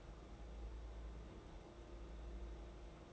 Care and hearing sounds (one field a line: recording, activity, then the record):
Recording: daily activity, microphone in the room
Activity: place on stove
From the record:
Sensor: 3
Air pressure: 991.9 hPa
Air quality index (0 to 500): 227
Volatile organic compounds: 1000 ppm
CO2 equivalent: 7809 ppm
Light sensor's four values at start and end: 25/76/31/26 and 25/76/31/26